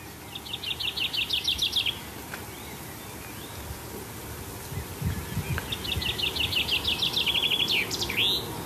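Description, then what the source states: Common Chaffinch song: two bright trilled phrases, the second ending in a sharp flourish, over steady hissing background noise. Recorded during a rainy evening walk in a nature reserve just over the German border near Spijk and Lobith; the song is called vinkenslag.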